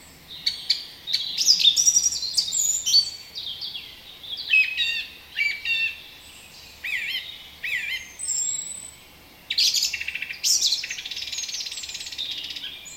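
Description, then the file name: Song thrush singing varied, high, clear phrases, some whistled and some sharp and chattering, delivered in bursts separated by short pauses. "turdus philomelos"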